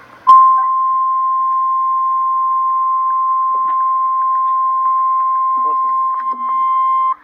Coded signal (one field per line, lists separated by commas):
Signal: Emergency Alert System (SAME) tones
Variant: 1050 Hz attention tone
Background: speech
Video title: REAL EAS 269-Severe thunderstorm warning